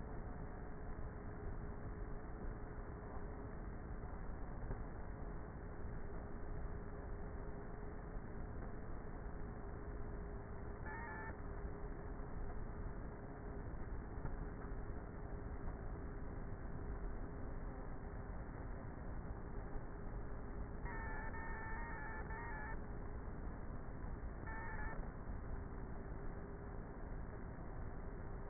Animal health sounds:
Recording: honeybee colony, microphone inside the hive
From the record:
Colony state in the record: queenless with a low population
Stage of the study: before two queens were removed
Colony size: about 30,000 bees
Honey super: no

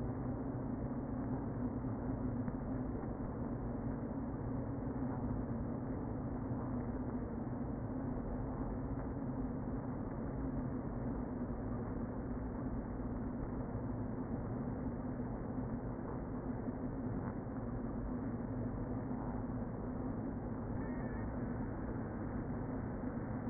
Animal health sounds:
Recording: honeybee colony, microphone inside the hive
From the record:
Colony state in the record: queen present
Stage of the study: before two queens were removed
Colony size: about 60,000 bees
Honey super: yes

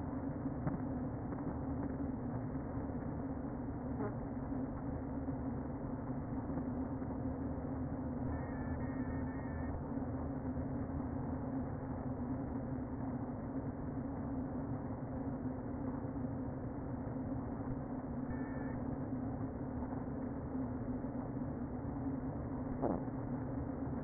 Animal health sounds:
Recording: honeybee colony, microphone inside the hive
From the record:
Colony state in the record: queen present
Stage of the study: before two queens were removed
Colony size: about 60,000 bees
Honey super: yes

